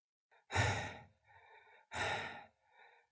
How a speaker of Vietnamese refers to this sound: Bà Xoan đưa tay lên ngực, thở mệt nhọc.